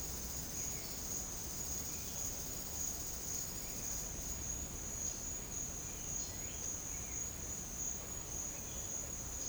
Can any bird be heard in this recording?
no